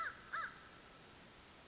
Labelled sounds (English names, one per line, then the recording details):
American Crow
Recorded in Sonoma County, California